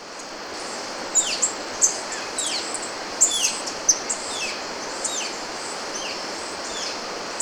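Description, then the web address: Rufous-crested tanager song: thin, high downslurred whistles repeated at irregular intervals, mixed with sharp high ticks over a steady background hiss. Ecuador. "Natures Songs S America Birds of Ecuador. Rufous-Crested Tanager"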